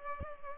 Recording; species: mosquito wingbeat signal from an infrared sensor; Culex pipiens